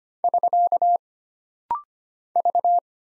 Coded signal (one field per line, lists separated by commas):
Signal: Morse code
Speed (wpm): 25 wpm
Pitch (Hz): 700 Hz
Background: none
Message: <SK> V